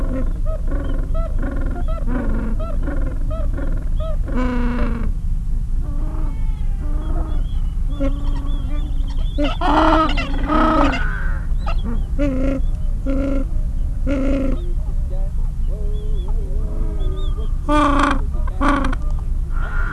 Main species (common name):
Gentoo Penguin